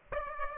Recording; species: mosquito wingbeat signal from an infrared sensor; Aedes aegypti